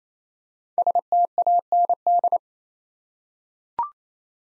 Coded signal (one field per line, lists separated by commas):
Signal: Morse code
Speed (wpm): 29 wpm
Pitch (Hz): 700 Hz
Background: none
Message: STAND